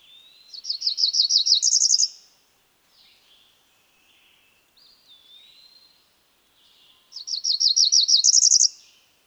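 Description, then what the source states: Cerulean warbler: two buzzy phrases of quick repeated notes rising to a higher buzz, several seconds apart, with faint notes between. Female.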